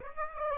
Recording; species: mosquito wingbeat signal from an infrared sensor; Aedes aegypti